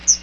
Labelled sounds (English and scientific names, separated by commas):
Chestnut-sided Warbler (Setophaga pensylvanica) flight call